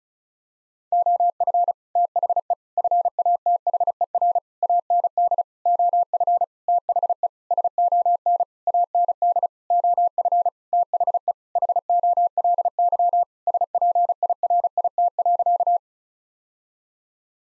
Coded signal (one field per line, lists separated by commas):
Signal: Morse code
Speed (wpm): 36 wpm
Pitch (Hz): 700 Hz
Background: none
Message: OF THE FATHER AND OF THE SON AND OF THE HOLY SPIRIT.